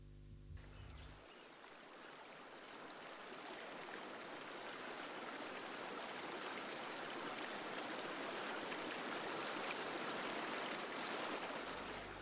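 Flowing stream water rushes and babbles in a steady, continuous wash of hissing noise, swelling slightly after a brief low opening and holding level throughout with no voices.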